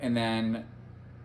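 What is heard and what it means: A Peak Design anchor on a camera is being slid with the thumb toward the connector of a Peak Design Cuff wrist strap. Someone talks for about the first 0.6 seconds, then only a faint low steady hum remains. Nothing has seated or clicked yet.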